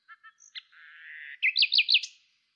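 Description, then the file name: Common nightingale song: a few soft separate notes, a long steady buzzy whistle, then four loud looping whistled notes in quick succession. "Luscinia megarhynchos"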